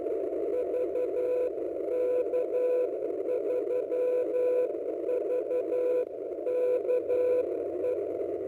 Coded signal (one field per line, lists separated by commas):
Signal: Morse code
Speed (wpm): 11 wpm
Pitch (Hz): 500 Hz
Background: radio noise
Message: VK3VKE